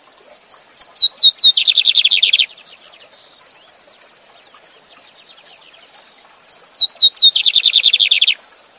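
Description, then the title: Lined seedeater song given twice, each a series of thin descending whistles accelerating into a fast buzzy trill, with steady waterfall hiss throughout. 'Gavião negro' song type; teacher bird singing live beside a waterfall, used as a song tutor. "Novo Canto de Bigodinho. Bigode Gavião negro professor de canto cantando ao vivo com cascata!"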